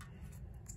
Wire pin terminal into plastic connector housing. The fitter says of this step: just pushes in there you'll hear it click